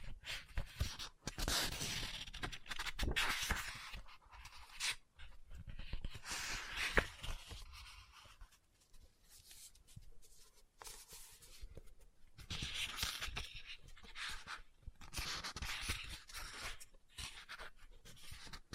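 Scratching and tapping on a book, with bursts of papery rustle around 0–4, 6–8 and 12–17 seconds between quieter, sparser stretches.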